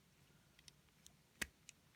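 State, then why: Seated. Two tabs on the plastic chest piece of a Transformers Siege Leader class Shockwave robot figure are lined up with two slots in the torso and pressed in; the tabs must line up or the chest will not snap into place. Faint plastic ticks come first, then one sharp, loud snap at 1.4 s as the chest seats, followed by a softer tick. The chest panel is seated.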